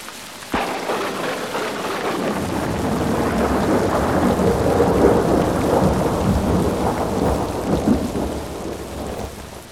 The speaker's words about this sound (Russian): Игнат Борзов вышел из машины навстречу проливному дождю